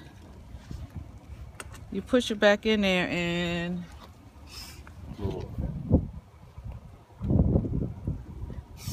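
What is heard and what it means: After changing the air filters on a 2010 Lexus IS250, a plastic interior trim panel clip is pushed back toward its place in the car's interior panel while someone talks. Several short plastic handling knocks and taps are heard, but nothing has seated or clicked yet by the end of the clip.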